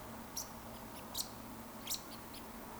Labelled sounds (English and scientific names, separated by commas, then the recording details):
Eurasian Woodcock (Scolopax rusticola)
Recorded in Baden-Württemberg, Germany, on 16 June 2020 at 20:34 UTC
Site 14569, 102 m above sea level